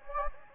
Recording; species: mosquito wingbeat signal from an infrared sensor; Anopheles gambiae